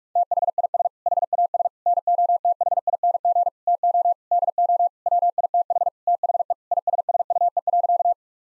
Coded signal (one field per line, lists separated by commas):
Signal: Morse code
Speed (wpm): 44 wpm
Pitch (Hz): 700 Hz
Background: none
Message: THIS HAS NOTHING TO DO WITH THE ISSUE.